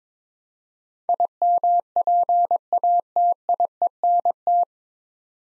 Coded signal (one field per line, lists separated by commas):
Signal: Morse code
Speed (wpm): 22 wpm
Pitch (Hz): 700 Hz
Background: none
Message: IMPATIENT